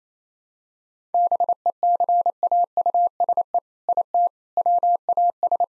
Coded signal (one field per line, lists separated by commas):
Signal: Morse code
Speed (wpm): 28 wpm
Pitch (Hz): 700 Hz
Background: none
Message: BECAUSE IT WAS